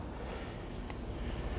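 A hand works the side panel lock on the second side of a collapsible plastic storage basket tower, locking it so the tower stays upright. Steady low handling noise runs throughout, with one brief sharp tick at 0.9 s. Nothing has seated or clicked into place yet.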